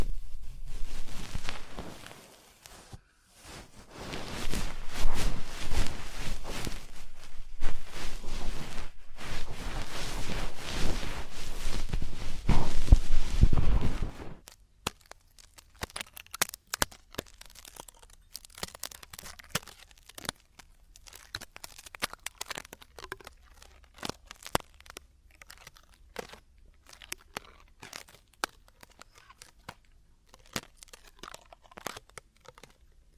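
Ear cleaning sounds: for the first fourteen seconds a dense, scratchy rustling swells and fades in loud waves, like crinkling or tearing. After that it turns sparse, with quick crackles and scrapes popping out irregularly over a faint low hum.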